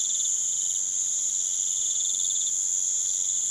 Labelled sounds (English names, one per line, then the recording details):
none
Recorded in pastures near Puerto Asís, Putumayo, Colombia, on 30 June 2025 at 02:00
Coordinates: 0.486, -76.323
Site H29